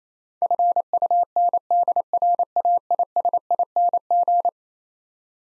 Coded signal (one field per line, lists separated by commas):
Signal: Morse code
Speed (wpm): 27 wpm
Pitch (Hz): 700 Hz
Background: none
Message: FUNDRAISING